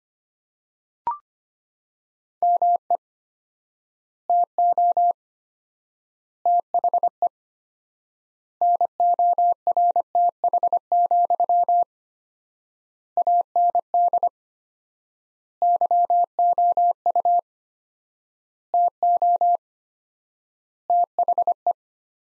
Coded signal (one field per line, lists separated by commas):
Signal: Morse code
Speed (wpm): 25 wpm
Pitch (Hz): 700 Hz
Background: none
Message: ME TO THE NORTH, AND YOU TO THE